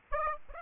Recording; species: mosquito wingbeat signal from an infrared sensor; Aedes aegypti